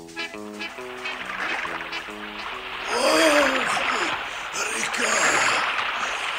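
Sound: flowing river water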